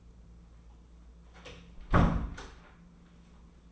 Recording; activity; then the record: daily activity, microphone in the room; close door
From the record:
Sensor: 1